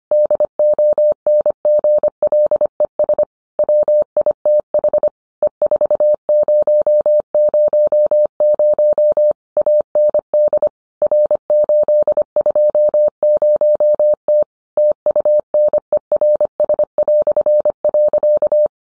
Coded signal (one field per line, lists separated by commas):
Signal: Morse code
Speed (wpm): 25 wpm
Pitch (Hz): 600 Hz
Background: none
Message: DONGLES WITH E4000 AND R820T TUNERS".